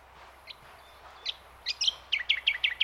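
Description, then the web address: Birds chirping, a few faint scattered notes that quicken into a steady run of sharp high chirps in quick succession, over low ambient hiss. Ambience recorded at Yandina Botanic Gardens. "Sound Effects-Foundation 1 AMBIENCE YANDINA BOTANIC GARDENS BIRDS"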